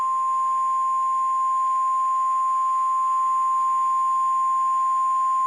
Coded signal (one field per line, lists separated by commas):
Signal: Emergency Alert System (SAME) tones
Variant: 1050 Hz attention tone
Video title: EAS Scenario #14 A Bloody Christmas AN EAS CHRISTMAS SPECIAL